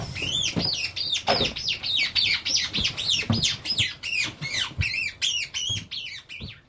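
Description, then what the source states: White-faced storm petrel chick giving a rapid run of high, arched chirps, with soft thumps underneath. Translocated chicks from Southeast Island (Rangatira), Chathams, to Mana Island; fed sardine smoothies and weighed before settling in artificial burrows.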